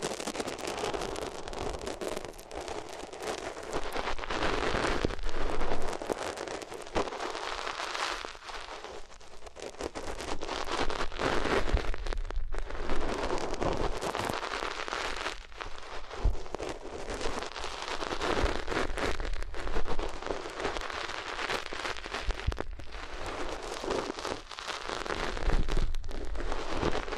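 Fabric-like rubbing on different materials against the ears, dense and continuous, in rustling swells with brief pauses around 12 and 22 seconds.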